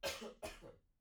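Two quick cough bursts about 0.4 seconds apart, each with a sharp explosive onset and a short voiced tail. A plain, moderately harsh cough from an adult in a quiet small room.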